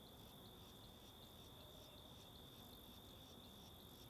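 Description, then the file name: Crickets calling, a sustained high tone with regular faint pulses above it, over steady rushing wind noise. Several crickets at a lookout in Alto Paraíso, with wind. "Ambiencia no Mirante da Antena de Alto Paraiso com Varios Grilos e Vento"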